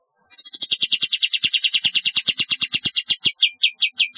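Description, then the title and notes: Bulbul song: a rapid rattling trill that slows toward the end, with soft low clicks beneath the notes. "Kicau Burung Kapas"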